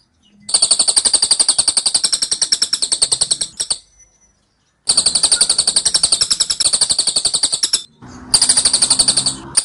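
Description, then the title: Scaly-crowned honeyeater delivering rapid runs of shrill, closely packed notes of about three seconds each, separated by pauses, with a faint low hum under the last run. Dense, insistent, long-duration "tembakan" (rapid-fire) song of an actively singing bird, used as training audio for Oriental magpie-robins. "Tembakan Cililin Rapat Ngotot Durasi Panjang Suara Cililin Gacor Untuk Masteran Murai Batu"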